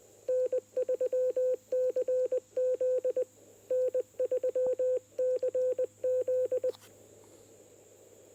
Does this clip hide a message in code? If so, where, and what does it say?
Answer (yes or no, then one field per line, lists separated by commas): yes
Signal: Morse code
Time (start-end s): 0.3-6.7 s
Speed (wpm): 20 wpm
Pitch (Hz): 510 Hz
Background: none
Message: N3CZ N3CZ